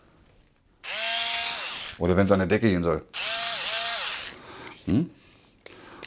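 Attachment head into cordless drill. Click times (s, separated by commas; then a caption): 5.7 s. A cordless drill/screwdriver runs in two bursts with a steady whine while someone talks in between. Its push-button attachment head is then pressed back onto the drill and snaps into place with a sharp click at 5.7 s, locking it back in.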